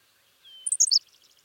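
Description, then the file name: Henslow's sparrow song: one brief high, insect-like burst of stuttered notes, preceded by a thin faint whistle and followed by soft chirping. "Ammodramus henslowii - Henslow's Sparrow"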